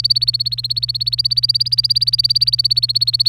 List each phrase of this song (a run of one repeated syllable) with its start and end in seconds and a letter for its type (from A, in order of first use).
0.00-3.28 A